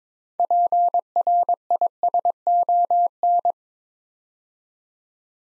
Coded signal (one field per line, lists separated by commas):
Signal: Morse code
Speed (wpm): 22 wpm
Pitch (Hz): 700 Hz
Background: none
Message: PRISON